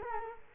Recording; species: mosquito wingbeat signal from an infrared sensor; Culex quinquefasciatus